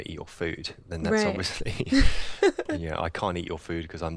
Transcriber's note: laugh